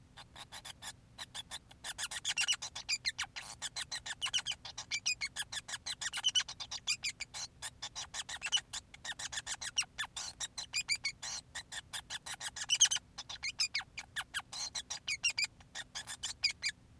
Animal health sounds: song of a male Bengalese finch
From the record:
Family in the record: son of father 5

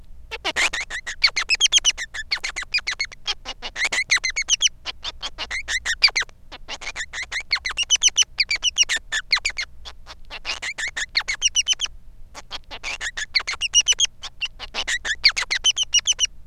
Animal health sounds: song of a male Bengalese finch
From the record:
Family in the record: son of father 3

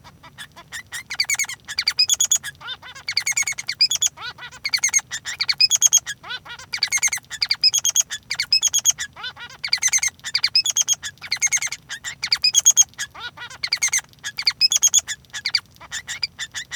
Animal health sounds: song of a male Bengalese finch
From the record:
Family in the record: son of father 3

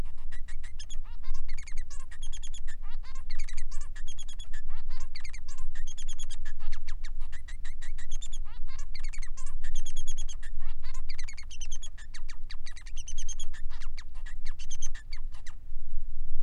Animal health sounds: song of a male Bengalese finch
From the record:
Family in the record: son of father 3

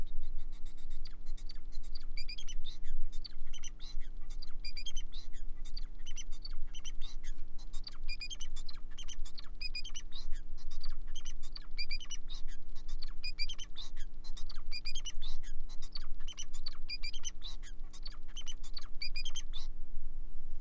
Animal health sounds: song of a male Bengalese finch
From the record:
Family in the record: son of father 4

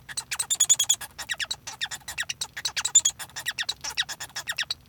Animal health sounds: song of a male Bengalese finch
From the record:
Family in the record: son of father 1

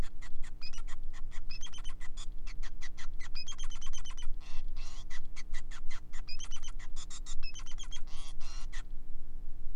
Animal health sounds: song of a male Bengalese finch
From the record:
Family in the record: son of father 5

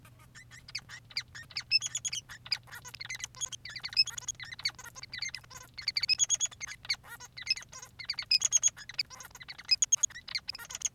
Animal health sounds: song of a male Bengalese finch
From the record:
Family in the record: son of father 3

